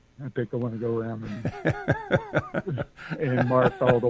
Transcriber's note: laughs